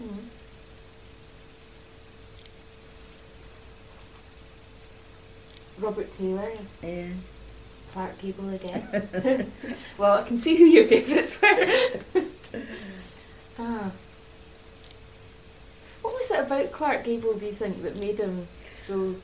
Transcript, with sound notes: Mhm. Robert Taylor.
Yeah.
Clark Gable again. [laughs] Well, I can see who your favourites What was it about Clark Gable, do you think, that made him so--?